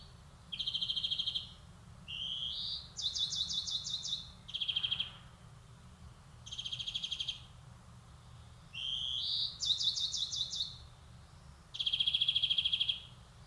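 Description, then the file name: European greenfinch: varied trills and twitters mixed with short rising buzzes in steady bursts, with a quiet low rumble behind them. "Chloris chloris"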